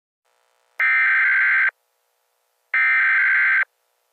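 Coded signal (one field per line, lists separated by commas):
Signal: Emergency Alert System (SAME) tones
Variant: header bursts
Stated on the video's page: Fictional EAS scenario with valid tones, based on the horror film Cujo.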